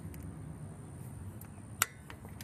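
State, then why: Torque reached. A Hercules click-type torque wrench set to 27 foot-pounds tightens a steel bolt on the wheel bearing assembly of a Ford F150 truck. Over a low background hum and a few faint ticks, the wrench breaks over with a single sharp click at 1.8 s, confirming the bolt has reached the set torque.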